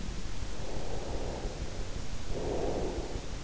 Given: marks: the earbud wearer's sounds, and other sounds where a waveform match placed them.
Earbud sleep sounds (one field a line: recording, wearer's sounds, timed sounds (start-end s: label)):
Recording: sounds in sleep by an in-ear microphone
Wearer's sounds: breath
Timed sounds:
0.72-3.32 s: breath